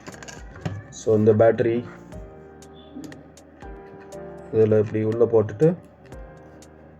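A coin cell battery is being placed into the battery compartment of a Casio SF3600A digital diary while someone talks. Soft ticks and taps from the handling are heard over background music. Nothing has seated or clicked yet.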